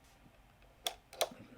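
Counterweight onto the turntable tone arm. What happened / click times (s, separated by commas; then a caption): The counterweight clicked onto the arm / 0.9 s, 1.2 s. A counterweight is slid onto the rear end of the tone arm of a Fluance RT82 turntable, numbers facing forward, until it clicks on. Two sharp, bright clicks sound at 0.9 s and 1.2 s, with only quiet faint noise around them, and the counterweight is seated.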